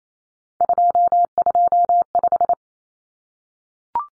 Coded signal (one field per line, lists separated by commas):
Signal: Morse code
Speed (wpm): 28 wpm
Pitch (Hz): 700 Hz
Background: none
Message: 225